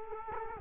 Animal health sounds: mosquito wingbeat signal from an infrared sensor; Culex quinquefasciatus

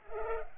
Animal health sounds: mosquito wingbeat signal from an infrared sensor; Culex pipiens

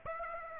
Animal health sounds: mosquito wingbeat signal from an infrared sensor; Aedes aegypti

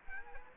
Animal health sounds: mosquito wingbeat signal from an infrared sensor; Culex quinquefasciatus

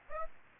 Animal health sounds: mosquito wingbeat signal from an infrared sensor; Aedes aegypti

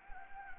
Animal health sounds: mosquito wingbeat signal from an infrared sensor; Anopheles gambiae

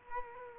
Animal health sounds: mosquito wingbeat signal from an infrared sensor; Culex quinquefasciatus

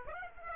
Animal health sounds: mosquito wingbeat signal from an infrared sensor; Aedes aegypti

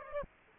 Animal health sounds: mosquito wingbeat signal from an infrared sensor; Aedes aegypti

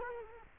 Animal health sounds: mosquito wingbeat signal from an infrared sensor; Culex quinquefasciatus

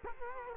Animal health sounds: mosquito wingbeat signal from an infrared sensor; Culex quinquefasciatus

